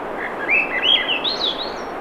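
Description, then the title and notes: Swainson's thrush gives a spiralling, ever-rising flutey song ending in a thin high note, with surf rumbling steadily underneath. Singing, 7:15 pm, 7 June 2017, low 50s, clear skies, between tides; Sun Dew Trail near Ocean Beach, Schoodic Peninsula, Acadia National Park, Winter Harbor, Maine; Fostex FR2, Sennheiser ME66; high-pass filtered against surf. "Swainson's Thrush singing Wednesday June 7, 2017 7:15 pm temperature low 50s clear skies between the tides Sun Dew Trail where it intersects with trail to Ocean Beach Schoodic Pennisula Acadia National Park Winter Harbor, ME"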